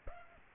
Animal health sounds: mosquito wingbeat signal from an infrared sensor; Aedes aegypti

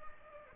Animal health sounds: mosquito wingbeat signal from an infrared sensor; Culex pipiens

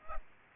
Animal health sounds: mosquito wingbeat signal from an infrared sensor; Aedes aegypti

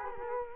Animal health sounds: mosquito wingbeat signal from an infrared sensor; Culex quinquefasciatus

